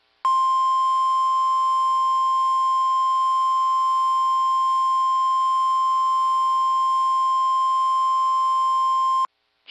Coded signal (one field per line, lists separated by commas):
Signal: Emergency Alert System (SAME) tones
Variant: 1050 Hz attention tone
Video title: (EAS #3) WTAP Pinpoint Weather - Flood Watch (2/2/2022)